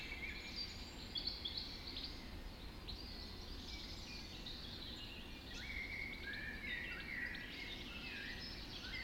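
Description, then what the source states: Birds (dawn chorus): several birds singing at dawn, a mix of high trills and short whistled phrases overlapping continuously, over a low background rumble. Dawn chorus recorded just after dawn in the Forest of Dean.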